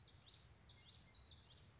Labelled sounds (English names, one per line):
Common Yellowthroat